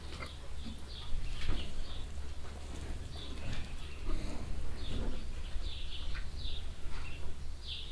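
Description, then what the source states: Cows eating: quick wet smacks and tongue licks come in irregular bursts over a steady low hum, with scattered sharper knocks. Many cows standing close together at a metal trough in a cowshed in the evening, Wahlhausen; sounds of mouths and tongues, trough rattling metallically as cows move.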